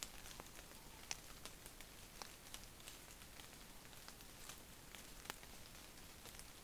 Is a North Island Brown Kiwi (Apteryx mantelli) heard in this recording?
no